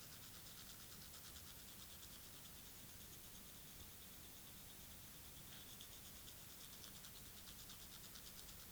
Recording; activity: daily activity, guitar pickup as the sensor; brush teeth